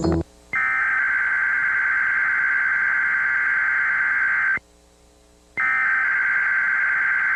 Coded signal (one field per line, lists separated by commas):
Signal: Emergency Alert System (SAME) tones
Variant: header bursts